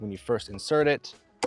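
Someone talks while a drone landing gear leg is handled for insertion into the drone body, where a small locking pin holds it in place. Nothing has seated or clicked yet.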